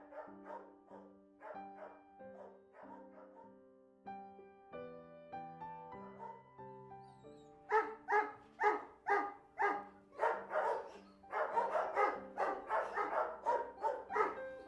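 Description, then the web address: Dog barks, at first spaced in short groups, then louder and faster barks in the second half. Recorded inside a dog boarding house. "dog boarding house. صدای-فضای-داخلی-پانسیون-سگها"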